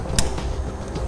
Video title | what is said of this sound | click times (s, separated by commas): Set up: T-One Vehicle Wiring Harness with 4-Pole Flat Trailer Connector on a 2004 Toyota RAV4 | You can audibly hear the lock click when it's locked really good. | 0.2 s